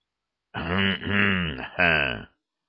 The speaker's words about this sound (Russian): Мудро кашляет маршал, сверкая генеральскими звездами.